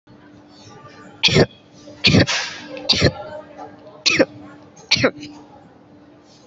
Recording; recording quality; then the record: shallow voluntary cough; excellent, no background noise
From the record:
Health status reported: healthy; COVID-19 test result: negative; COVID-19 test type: RT-PCR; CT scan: not taken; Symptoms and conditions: none ticked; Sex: female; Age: 19 years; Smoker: no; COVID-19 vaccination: both doses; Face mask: worn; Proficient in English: yes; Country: India